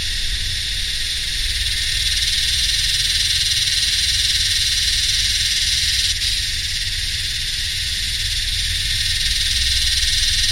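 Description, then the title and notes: Yellowbelly cicadas producing a relentless high sizzling buzz, gently pulsing in strength, accompanied by a steady low engine-like hum. Several wild cicadas singing in the heat in subtropical dry sclerophyll forest and heathland, Royal National Park, New South Wales, Australia, 7 December 2015, early summer, with humming machines nearby. "My Yellowbelly friends (Psaltoda harrisii) singing in the heat along with some humming machines in a mixture of subtropical dry scherlophyll forest and heathland. 7th of December, 2015 (Royal National Park, NSW, Australia.)"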